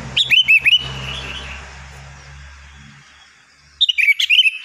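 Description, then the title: Sooty-headed bulbul song, two quick bubbly phrases of slurred whistled notes, one at the start and one at the end, with a low hum between. "Kutilang"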